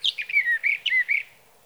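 Sage thrasher in a short phrase of slurred, descending whistled notes, lasting about a second.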